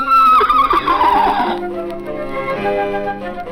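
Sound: horse neighing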